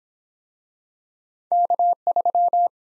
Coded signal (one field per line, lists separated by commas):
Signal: Morse code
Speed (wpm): 22 wpm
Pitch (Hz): 700 Hz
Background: none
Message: K3